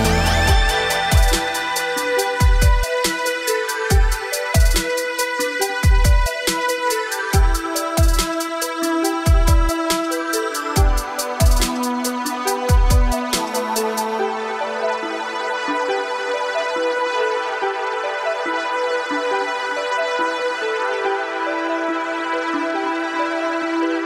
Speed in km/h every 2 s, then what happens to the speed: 8, 8, 8, 6, 6, 10, 18, 19, 13, 11, 10, 10.
0-9 steady at about 8. 9-13 speeds up to 19. 13-19 slows to 10.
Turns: none.